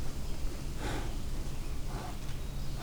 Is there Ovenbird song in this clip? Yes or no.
no